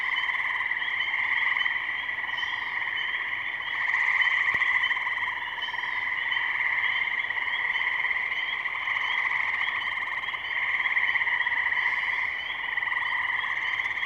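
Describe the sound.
Frogs in a thick, unbroken chorus of pulsed ringing tones, with a few faint higher chirps drifting over the top.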